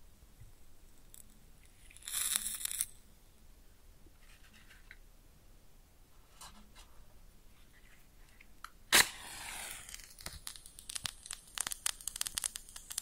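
A match is struck and lit close up, with a bright scraping burst around two seconds, then quiet with faint crackles. Near nine seconds a sharp strike flares, followed by dense, sizzling crackles and pops that continue to the end.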